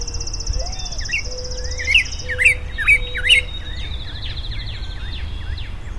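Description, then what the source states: Bird calls: four loud, sharp upslurred chirps about half a second apart as a high buzzy trill ends, with other birds calling softly behind and a low rumble. Recorded April 2010; the bird is unidentified.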